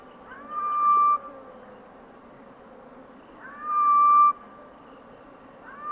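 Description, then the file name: Grey-headed bushshrike with sustained, level whistled hoots, two full notes nearly three seconds apart and a third just beginning, against a quiet hissing backdrop. Call recorded at Skeerpoort on 2 January 2022 at 17:03. "Malaconotus blanchoti, roep te Skeerpoort, 2022-01-02 17 h 03"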